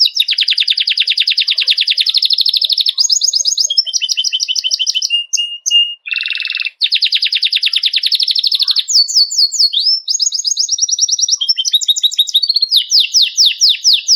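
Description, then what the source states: Canary song of long fast trills broken by a plain held whistle and a harsh buzzy burst, then further rolling trills and quick swooping notes. White Belgian canary.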